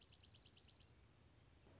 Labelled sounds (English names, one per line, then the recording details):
Dark-eyed Junco
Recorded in Sonoma County, California